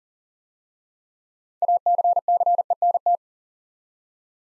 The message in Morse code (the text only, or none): ACCENT